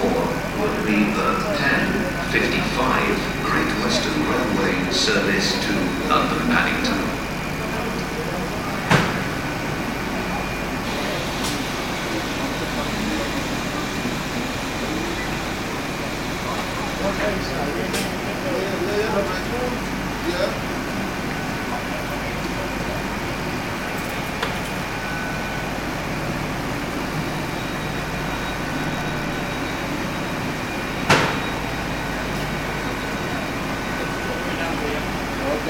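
Passengers move about a railway station amid a steady murmur of voices and a constant low rumble, likely an idling train or engine. Sharp clicks and knocks ring out now and then, clearly near nine, eighteen and thirty-one seconds, over the even hum.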